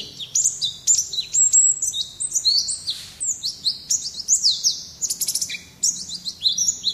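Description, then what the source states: White-eye song, rapid high warbling phrases of sliding whistles and chips, with a short rushing noise near the middle. Songbird singing in the ngalas style.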